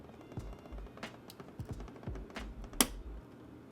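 A RAM module is pressed into a motherboard DIMM memory slot. After a few faint taps and rustles, one retention clip snaps with a single sharp click at 2.8 s. Only one side latches, so the stick is only partly seated and the other latch is not yet engaged.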